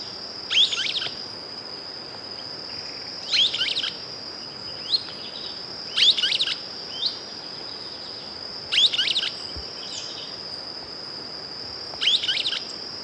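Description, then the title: Streaked flycatcher calls: sharp, squeaky high notes in short bursts, repeated about every three seconds over a steady high background whine. "LuckyPassaro Completos2Sama. Streaked Flycatcher (Myiodynastes maculatus)"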